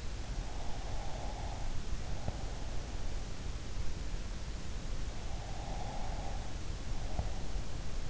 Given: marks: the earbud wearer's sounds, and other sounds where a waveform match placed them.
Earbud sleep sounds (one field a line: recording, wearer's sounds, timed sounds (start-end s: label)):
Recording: sounds in sleep by an in-ear microphone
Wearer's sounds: breath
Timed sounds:
0.40-3.08 s: breath
5.32-8.10 s: breath